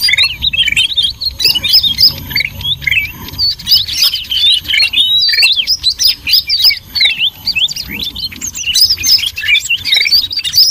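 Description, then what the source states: Birds in a noisy chatter of high, quick chirps, steady throughout. Noisy bird sounds used as a lure (pikat) to attract birds.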